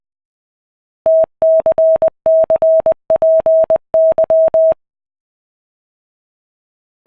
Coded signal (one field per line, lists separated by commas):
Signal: Morse code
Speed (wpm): 20 wpm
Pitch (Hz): 640 Hz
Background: none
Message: TCCPY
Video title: RufzXP - Giving it a go - AD0WE